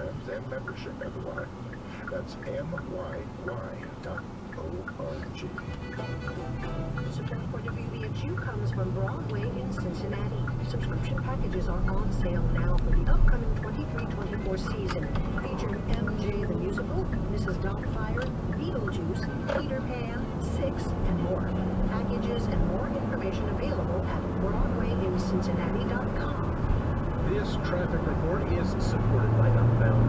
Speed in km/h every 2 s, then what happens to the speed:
0, 0, 0, 0, 8, 16, 24, 29, 31, 31, 39, 55, 66, 74, 81.
0-6 standing. 6-30 pulls away to 81.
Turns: 12-20.